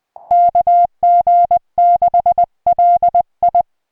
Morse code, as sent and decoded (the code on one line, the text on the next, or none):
-.- --. -.... .-.. ..
KG6LI